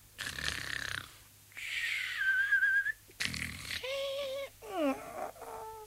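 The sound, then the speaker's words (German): The character Pumuckl, lying in bed with the covers pulled over his ears, fakes snoring in broad daylight while pretending to be fast asleep: several rough, rasping snorts alternate with high, wavering whistled exhales that slide up and down in pitch, fairly loud and theatrical, with no talking. “Der Pumuckl tat, als schliefe er fest und schnarchte, so echt er es nur fertig brachte.”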